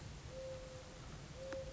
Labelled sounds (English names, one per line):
Mourning Dove